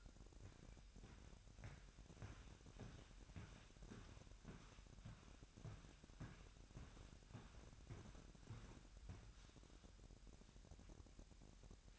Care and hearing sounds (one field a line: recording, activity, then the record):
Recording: daily activity, microphone in the room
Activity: walk to room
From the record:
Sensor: 2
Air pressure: 1012.1 hPa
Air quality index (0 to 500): 161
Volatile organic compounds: 2 ppm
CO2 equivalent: 1158 ppm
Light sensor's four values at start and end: 82/195/80/78 and 80/189/78/76